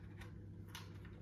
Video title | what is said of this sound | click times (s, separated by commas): Replace Label Roll - Jolly JH8 Price or Date Gun | And then what you want to do is press down on this black plastic here and pull on this until it clicks into place. | 0.8 s